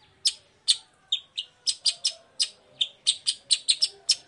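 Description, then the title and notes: Long-tailed shrike song: sharp, harsh high notes in an irregular series, some paired. Cendet heard in the morning, a lively song full of varied 'toet toet' notes, used as a lure to provoke other shrikes into answering and singing along. "Cendet Gacor Dor Di Kala Pagi Toet Toet Variasi Suara. Pancingan Emosi Cendet Gacor Full Variasi Toet Toet Bikin Nyaut Cendet Lain Langsung Ikutan Bunyi. Burung cendet"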